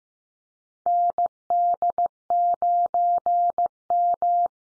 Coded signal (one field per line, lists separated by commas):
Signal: Morse code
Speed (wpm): 15 wpm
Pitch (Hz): 700 Hz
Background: none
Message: ND9M